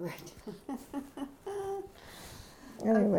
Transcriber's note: she laughs